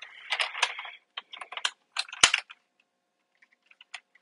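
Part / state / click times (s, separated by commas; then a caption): plastic toy car part into toy car body / seated / 2.2 s. A plastic Playmobil part for the DeLorean model is pushed into its mating hole on the toy car body among soft plastic rattling and handling noises, with someone talking. A sharp plastic click at 2.2 s marks the part clipping in and seating.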